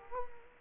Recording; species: mosquito wingbeat signal from an infrared sensor; Culex quinquefasciatus